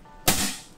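A hard drive tray with its SATA cable attached is snapped back into its bay on the side of a desktop PC case. A single loud, sharp snap lands at 0.3 s, then rings down over about half a second. The tray is seated in the bay.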